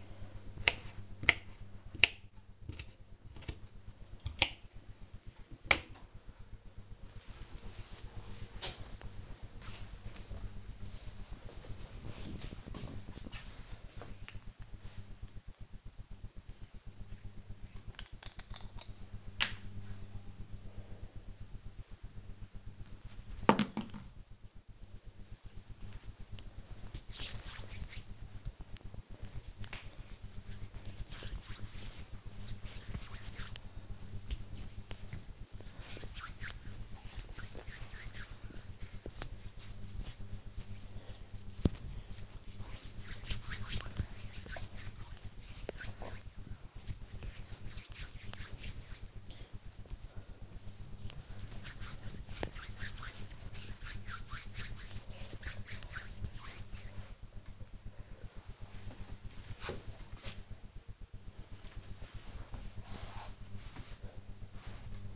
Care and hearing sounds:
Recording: household activities, microphone on the right wrist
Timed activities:
0.00-5.18 s: cutting vegetables
17.25-56.53 s: cream hands

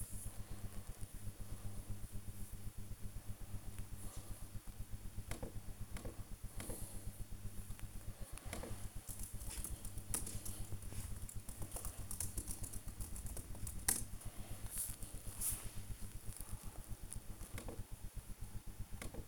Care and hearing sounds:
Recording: household activities, microphone on the right wrist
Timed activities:
0.00-19.28 s: working on the computer

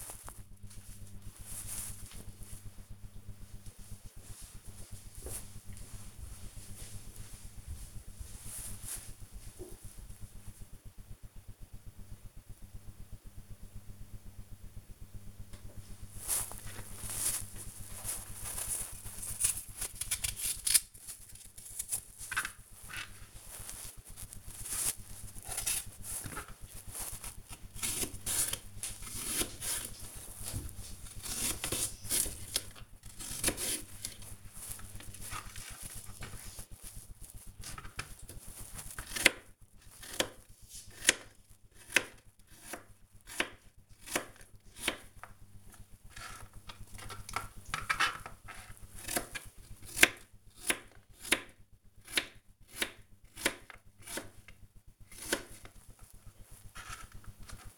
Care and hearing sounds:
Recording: household activities, microphone on the right wrist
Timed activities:
14.89-57.78 s: cutting vegetables

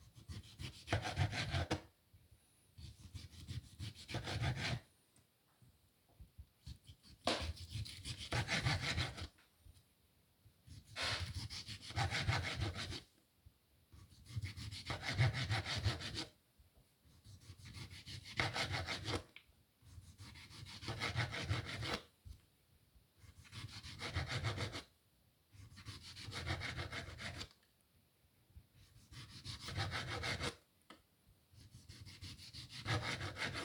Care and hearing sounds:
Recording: household activities, microphone on the right wrist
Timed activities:
0.00-33.65 s: cutting vegetables

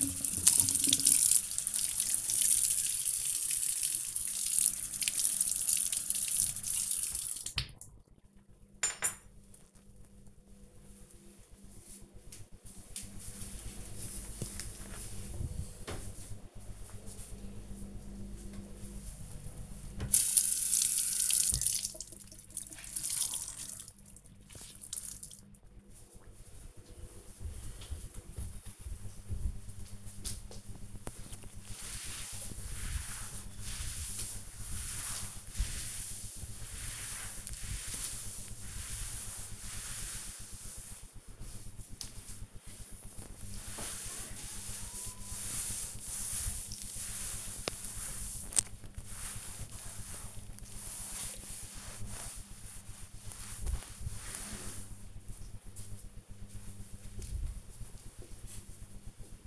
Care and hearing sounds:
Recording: household activities, microphone on the right wrist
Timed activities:
0.00-8.80 s: washing dishes
17.84-57.11 s: cleaning table

